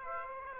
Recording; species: mosquito wingbeat signal from an infrared sensor; Aedes aegypti